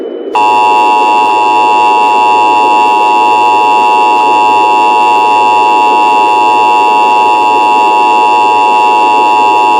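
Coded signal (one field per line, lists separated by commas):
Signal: Emergency Alert System (SAME) tones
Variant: 853 and 960 Hz attention tone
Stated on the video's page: Fictional horror scenario alert using valid EAS tones.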